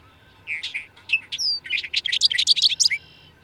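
Bird song: a busy twittering phrase of about two and a half seconds, with quick high notes and a clear whistled slide early in the phrase.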